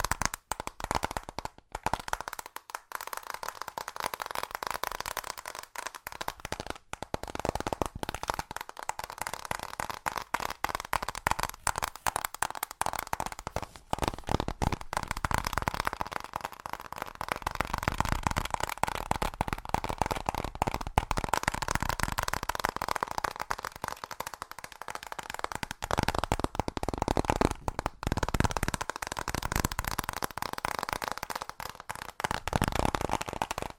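Fast tapping goes on for the whole clip, a dense run of sharp, crisp clicks with a bright, clattering edge, much like shuffling cards. The pace stays quick and fairly even, with a few short breaks, and a faint steady tone hums underneath.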